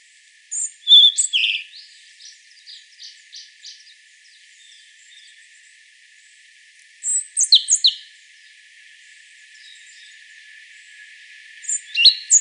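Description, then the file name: European robin song: a loud, jumbled phrase of high notes with a softer trailing series, a second bright burst midway, and a third at the close. "Erithacus rubecula"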